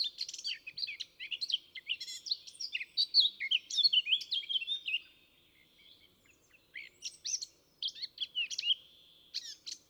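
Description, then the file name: Eurasian blackcap singing a fast, varied warble of high twittering and clear whistled notes, pausing briefly before another burst of quick phrases. "Sylvia atricapilla"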